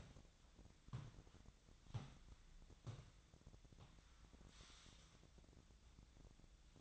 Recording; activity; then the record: daily activity, microphone in the room; walk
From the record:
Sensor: 3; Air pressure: 1012.2 hPa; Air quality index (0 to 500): 185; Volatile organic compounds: 3 ppm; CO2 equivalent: 1416 ppm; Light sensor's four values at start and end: 50/134/58/60 and 46/123/53/56